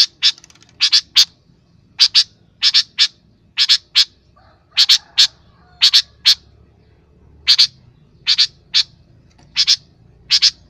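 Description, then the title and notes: Long-tailed shrike song: crisp, high chips given mostly in doubled bursts about every second, over a faint low hum. Used to train cage birds. "Masteran Burung Cendet"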